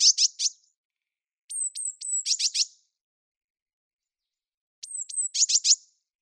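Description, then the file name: Eurasian blue tit calling: thin high descending notes followed by short buzzy scolding bursts, in three groups (the first only buzzy bursts), with silence between. "Cyanistes caeruleus"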